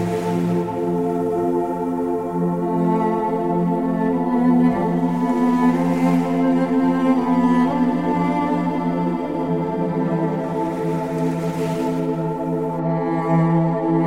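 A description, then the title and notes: Relaxing music plays as a steady, layered drone of sustained low and middle tones that barely change over the fourteen seconds. Soft washes of ocean waves surge in underneath around the start, near six seconds and again near eleven seconds. Ocean Waves Sounds With Relaxing Music.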